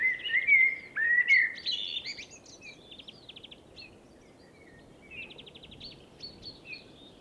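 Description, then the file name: Common blackbird song: two rich, fluty warbled phrases with squeaky high endings, followed by quieter dry trills and scattered high notes. "Turdus merula"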